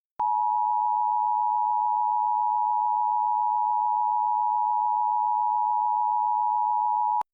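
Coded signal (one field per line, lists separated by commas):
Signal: Emergency Alert System (SAME) tones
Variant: 853 and 960 Hz attention tone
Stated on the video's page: Fictional EAS scenario alert about a US invasion of Canada.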